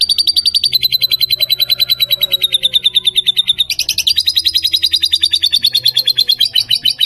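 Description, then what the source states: Lovebird giving an unbroken rapid stutter of high, squeaky chirps, with the pitch jumping higher partway through. Song style called konslet.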